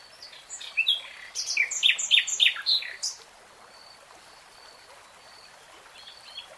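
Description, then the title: Nightingale song: a varied phrase of quick chirps and scratchy notes lasting over two seconds, then a long quiet pause with faint high whistles. Nightingale singing in real time. "[Tiếng chim hót] Nightingale Singing"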